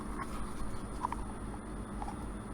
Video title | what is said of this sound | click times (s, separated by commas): Forged Tec Taurus G3 Holster : Quality, Affordable & USA Made: 101 Intro To Holsters (Long Version) | you're gonna now push on this button and it pops right open | 1.1 s